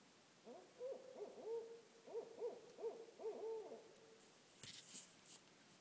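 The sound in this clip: Barred owl giving a run of low, wavering hoots that rise and fall, followed by a brief burst of noise.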